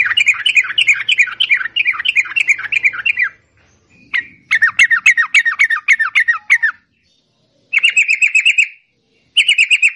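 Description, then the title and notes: Yellow-vented bulbul singing in fast bubbly runs: two long warbling streams of rapid notes, then shorter choppy bursts after brief silences. Song style called ropel panjang (long roll); a master recording for tutoring songbirds. "Masteran Trucukan Ropel Panjang. Kicau Burung Trucukan"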